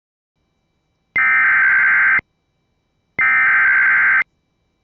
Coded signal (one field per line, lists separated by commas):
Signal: Emergency Alert System (SAME) tones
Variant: header bursts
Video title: SVR for OK (EAS #35)